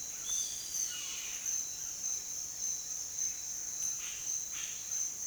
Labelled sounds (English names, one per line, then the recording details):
none
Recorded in dense forest near Puerto Asís, Putumayo, Colombia, on 24 June 2025 at 07:00
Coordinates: 0.484, -76.325
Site H65